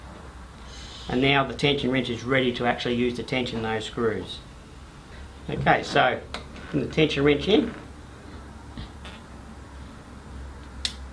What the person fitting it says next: you hear the little click that's the actual tension now set